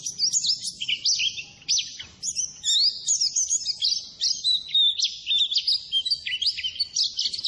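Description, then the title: White-eye twittering song of high, quick notes and short slurred whistles, lively and continuous, with one brief break early on. Masteran training song for cage birds; a gacor (constantly singing) pleci described as ngalas. "Masteran Suara Burung Pleci Ngalas Istimewa"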